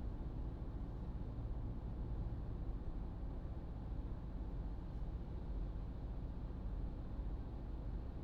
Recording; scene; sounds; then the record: everyday scene through a hearing-aid microphone; in a vehicle; engine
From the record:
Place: Berlingo II, diesel engine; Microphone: in the ear canal, right